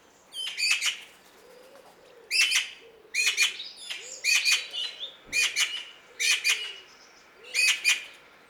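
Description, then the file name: Eurasian magpie giving harsh, rattling chatter calls in many short bursts with brief pauses between them. "Pica pica"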